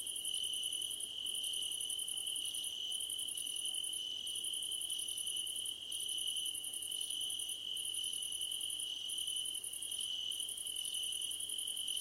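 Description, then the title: Crickets in full chorus, a shrill constant trill layered under rhythmic bursts of fast high-pitched chirps, each followed by a brief pause. Crickets at night under a starlit sky. "Nighttime Ambience with Crickets"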